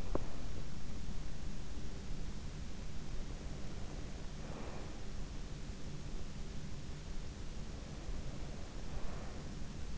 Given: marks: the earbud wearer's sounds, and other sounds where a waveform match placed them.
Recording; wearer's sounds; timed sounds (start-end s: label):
sounds in sleep by an in-ear microphone; teeth grinding, breath
0.00-0.30 s: teeth grinding
3.33-4.91 s: breath
8.17-9.57 s: breath